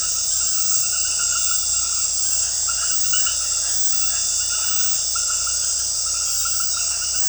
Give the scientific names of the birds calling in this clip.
none